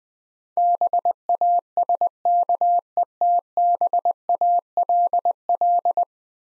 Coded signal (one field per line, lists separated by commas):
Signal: Morse code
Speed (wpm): 20 wpm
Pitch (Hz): 700 Hz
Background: none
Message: BASKETBALL